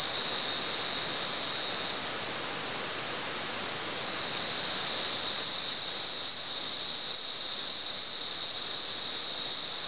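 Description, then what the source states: Cicada buzzing, a sustained piercing hiss that softens briefly, then rises to a stronger steady drone. At San Ramon.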